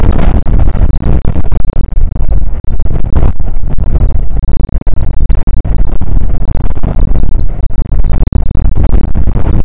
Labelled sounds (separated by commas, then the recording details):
wind
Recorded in the Prudhoe Bay oil fields, Alaska, on 2 August 2019 at 01:36
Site 29